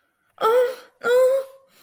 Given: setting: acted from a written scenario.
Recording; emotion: vocal sound without words; distress